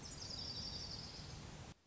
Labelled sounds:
Orange-crowned Warbler
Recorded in Sonoma County, California

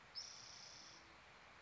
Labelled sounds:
Spotted Towhee
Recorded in Sonoma County, California

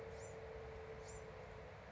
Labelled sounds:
Bewick's Wren
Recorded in Sonoma County, California

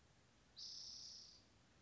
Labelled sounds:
Spotted Towhee
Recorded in Sonoma County, California

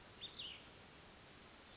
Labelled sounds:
Cassin's Vireo
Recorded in Sonoma County, California

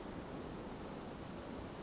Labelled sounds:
California Towhee
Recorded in Sonoma County, California

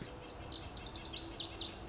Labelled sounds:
Lazuli Bunting
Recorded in Sonoma County, California

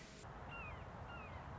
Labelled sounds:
Red-shouldered Hawk
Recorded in Sonoma County, California

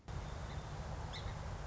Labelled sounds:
Song Sparrow
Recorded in Sonoma County, California

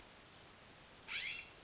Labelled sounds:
California Scrub-Jay
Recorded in Sonoma County, California

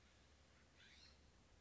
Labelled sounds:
California Scrub-Jay
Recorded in Sonoma County, California

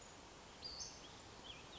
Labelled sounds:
Western Flycatcher
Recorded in Sonoma County, California

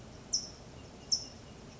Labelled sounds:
California Towhee
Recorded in Sonoma County, California

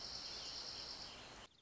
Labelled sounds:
Dark-eyed Junco
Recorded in Sonoma County, California

